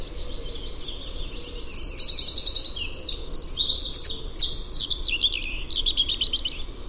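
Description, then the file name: Eurasian wren song, a high, fast stream of sharp notes and buzzy trills. "Troglodytes troglodytes"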